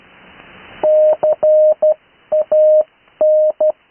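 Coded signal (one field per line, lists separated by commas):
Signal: Morse code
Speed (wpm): 12 wpm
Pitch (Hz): 620 Hz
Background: none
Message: CAN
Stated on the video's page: Morse practice recorded live on the 80m band.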